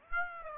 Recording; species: mosquito wingbeat signal from an infrared sensor; Aedes aegypti